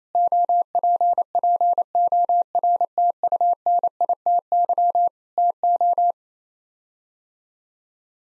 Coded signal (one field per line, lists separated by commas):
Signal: Morse code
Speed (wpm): 28 wpm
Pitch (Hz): 700 Hz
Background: none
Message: OPPORTUNITY TO